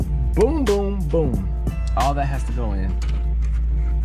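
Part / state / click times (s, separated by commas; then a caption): plastic radio surround trim into car dashboard / not seated / none. A plastic radio surround trim panel on a Mitsubishi Lancer is handled next to the car dashboard, ready to be pressed in so its row of clips snaps into place. Someone talks over steady background music and a low hum. Nothing has seated or clicked yet.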